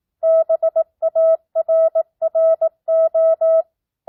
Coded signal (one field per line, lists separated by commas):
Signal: Morse code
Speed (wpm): 18 wpm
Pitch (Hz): 650 Hz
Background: none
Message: BARRO